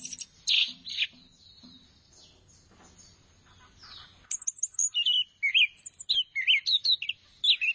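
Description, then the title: Thrush gives a few loud sharp notes, goes mostly quiet, then sings a series of short rising-and-falling whistles repeated several times. "burung anis x"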